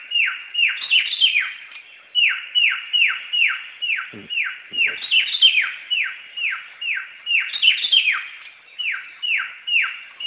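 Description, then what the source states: Samyong bird song: bright downslurred whistles in a rapid series, with higher, tighter notes recurring every few seconds. Samyong bird calling in a forest.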